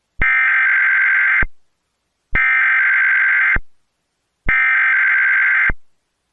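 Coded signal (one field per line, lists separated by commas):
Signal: Emergency Alert System (SAME) tones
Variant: header bursts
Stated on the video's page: Mock tsunami warning EAS alert made with provided macros, simulated on a recreated EASyPLUS screen, not real.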